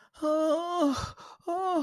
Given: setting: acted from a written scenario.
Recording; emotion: vocal sound without words; distress